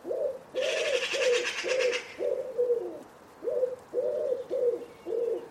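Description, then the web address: Common Wood Pigeon cooing, a steady run of soft, hollow, low coos with short gaps, overlapped early on by a harsh, buzzy chatter lasting over a second. Bird-only recording from a 2025 soundscape bird dataset. "cianscape. Deverinetal"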